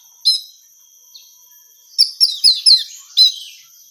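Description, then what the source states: Orange-headed thrush uttering one sharp high note, then a quick series of five bright, downslurred chirps, over a faint steady high whine. Female bird.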